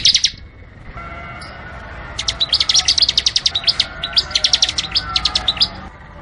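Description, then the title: Bar-winged prinia song: bursts of rapid, high, clipped chirps in fast repeated series, separated by short pauses. Training (master) recording from 2019 featuring two varieties, semi and crystal. "Masteran 2019 Cisem Ciblek Semi Dan Cikris Ciblek Kristal"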